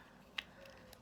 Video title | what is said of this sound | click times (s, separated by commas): USA SW Zone 7 Orbitz Soaker System Container Garden | looks like you can hear them click | 0.4 s, 0.9 s